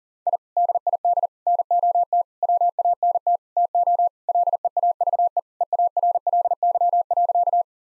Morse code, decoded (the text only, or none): I DID NOT WANT TO LEAVE EARLY.